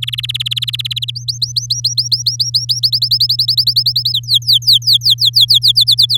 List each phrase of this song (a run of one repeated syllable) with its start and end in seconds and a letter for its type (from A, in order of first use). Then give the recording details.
0.02-1.11 A, 1.15-2.80 B, 2.83-4.13 C, 4.14-5.84 D, 5.87-6.17 E. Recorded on 8 May 2018 at 12:48. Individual llb16